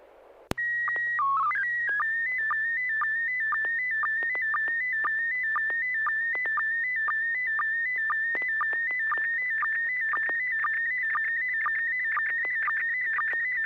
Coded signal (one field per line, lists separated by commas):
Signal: SSTV (slow-scan television)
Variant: PD 120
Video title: N6NA SSTV Net - 08/02/2023